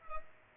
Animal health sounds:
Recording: mosquito wingbeat signal from an infrared sensor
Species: Culex pipiens

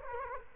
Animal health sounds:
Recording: mosquito wingbeat signal from an infrared sensor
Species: Culex quinquefasciatus

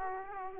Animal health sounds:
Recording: mosquito wingbeat signal from an infrared sensor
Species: Aedes aegypti

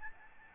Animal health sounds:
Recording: mosquito wingbeat signal from an infrared sensor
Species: Aedes albopictus

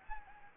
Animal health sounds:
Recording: mosquito wingbeat signal from an infrared sensor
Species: Anopheles gambiae

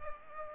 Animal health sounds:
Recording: mosquito wingbeat signal from an infrared sensor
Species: Aedes aegypti

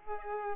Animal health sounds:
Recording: mosquito wingbeat signal from an infrared sensor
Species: Culex pipiens

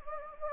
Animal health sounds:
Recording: mosquito wingbeat signal from an infrared sensor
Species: Anopheles gambiae

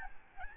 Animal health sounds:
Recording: mosquito wingbeat signal from an infrared sensor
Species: Aedes albopictus

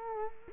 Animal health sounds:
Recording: mosquito wingbeat signal from an infrared sensor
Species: Culex quinquefasciatus

